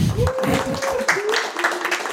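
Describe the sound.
An audience breaks into dense, steady applause, a fast crackling wash of many hands clapping at a constant loudness, with some voices and a thin sustained cheer mixed in.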